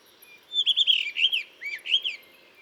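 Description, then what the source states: Blue rock thrush song: a melodious phrase of looping, liquid whistles rising and falling. In a cliff at Dentelles de Montmirail, 12 March 2020, 7:25; sings all morning to mark territory, changing perches; Nagra Seven, Telinga Pro7.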